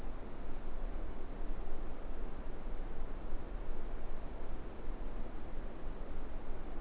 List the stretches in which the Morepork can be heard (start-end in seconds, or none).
none